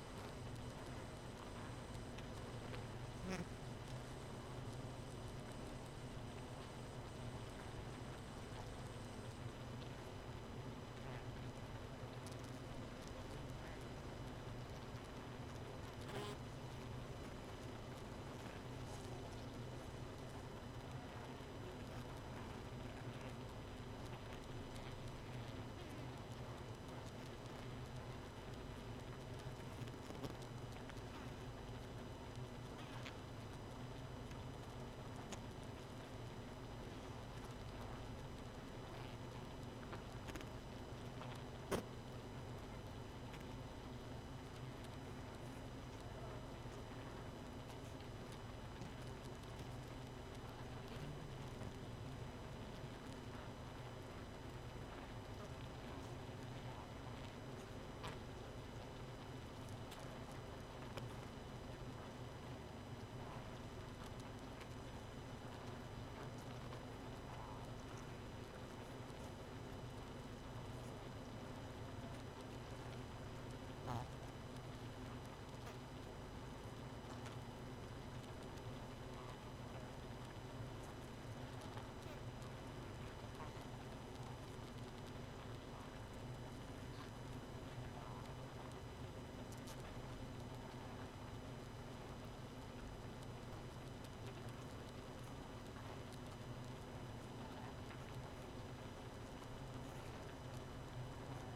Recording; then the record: honeybee colony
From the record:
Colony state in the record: missing queen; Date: 31 May 2018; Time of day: 0:45